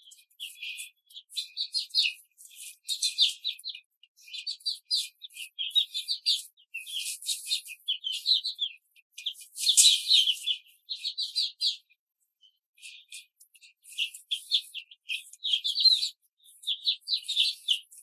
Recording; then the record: young laying hens in a cage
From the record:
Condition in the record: control cage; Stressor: none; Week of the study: 5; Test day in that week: 1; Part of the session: 3